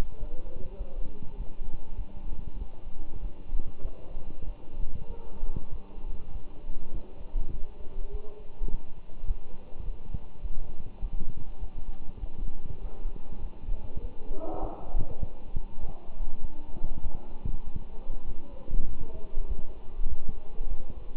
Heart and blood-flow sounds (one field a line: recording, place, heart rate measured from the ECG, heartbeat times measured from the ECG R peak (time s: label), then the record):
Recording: heart sounds by stethoscope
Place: between the tricuspid and mitral areas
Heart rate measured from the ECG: 100 bpm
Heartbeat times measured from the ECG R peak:
0.20 s: heartbeat
0.78 s: heartbeat
1.37 s: heartbeat
1.97 s: heartbeat
2.58 s: heartbeat
3.21 s: heartbeat
3.83 s: heartbeat
4.46 s: heartbeat
5.09 s: heartbeat
5.71 s: heartbeat
6.32 s: heartbeat
6.93 s: heartbeat
7.53 s: heartbeat
8.12 s: heartbeat
8.70 s: heartbeat
9.27 s: heartbeat
9.84 s: heartbeat
10.42 s: heartbeat
11.01 s: heartbeat
11.60 s: heartbeat
12.20 s: heartbeat
12.81 s: heartbeat
13.41 s: heartbeat
14.01 s: heartbeat
14.61 s: heartbeat
15.21 s: heartbeat
15.81 s: heartbeat
16.41 s: heartbeat
17.03 s: heartbeat
17.64 s: heartbeat
18.26 s: heartbeat
18.87 s: heartbeat
19.48 s: heartbeat
20.09 s: heartbeat
20.69 s: heartbeat
From the record:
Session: walking at 3.7 km/h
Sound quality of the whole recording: good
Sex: male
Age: 24 years